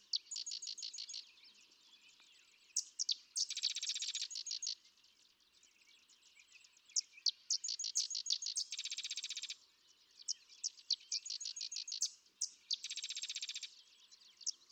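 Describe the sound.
Sedge wren song: scattered sharp chip notes followed by fast, buzzy, rattling trills, the sequence repeating throughout with soft background noise.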